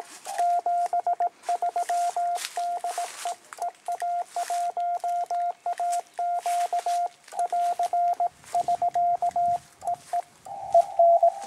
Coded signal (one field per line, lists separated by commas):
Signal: Morse code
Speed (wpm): 20 wpm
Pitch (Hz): 680 Hz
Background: radio noise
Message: 73 DE EA1AQ <AR> <SK> EE EN